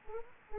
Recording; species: mosquito wingbeat signal from an infrared sensor; Anopheles gambiae